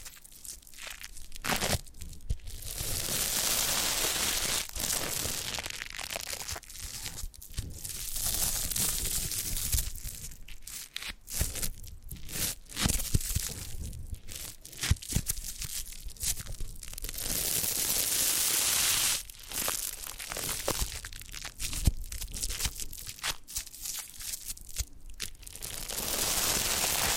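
Foam being rubbed and squeezed makes a dense, continuous run of crackling, crinkling friction noise, bright and hissy in the upper range. Short sharp squeaks and snaps break through irregularly every second or so, with brief dips between strokes.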